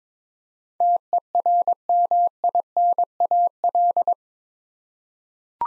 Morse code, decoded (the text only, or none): TERMINAL